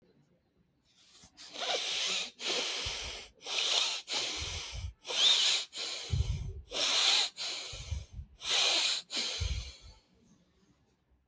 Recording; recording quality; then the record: shallow breathing; excellent, no background noise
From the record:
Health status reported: healthy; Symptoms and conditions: none ticked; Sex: male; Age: 33 years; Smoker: not ticked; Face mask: not worn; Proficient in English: yes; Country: India